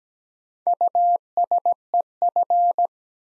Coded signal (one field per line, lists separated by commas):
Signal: Morse code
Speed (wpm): 17 wpm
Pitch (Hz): 700 Hz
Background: none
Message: USEF